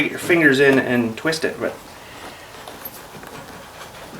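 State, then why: Seated. Someone talks while fingers reach in and twist an LED headlight bulb base into the headlight housing socket. Two short clicks follow at 2.9 s and 3.3 s as the bulb locks in and is seated.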